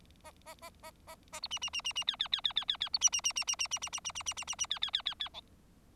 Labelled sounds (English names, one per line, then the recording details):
Bengalese Finch song
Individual Bird4